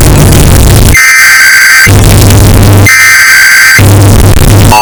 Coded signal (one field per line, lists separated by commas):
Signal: Emergency Alert System (SAME) tones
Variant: header bursts